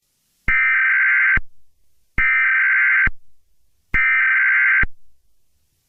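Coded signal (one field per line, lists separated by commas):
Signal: Emergency Alert System (SAME) tones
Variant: header bursts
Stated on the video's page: Remastered fictional EAS mini scenario, simulated with software-generated audio.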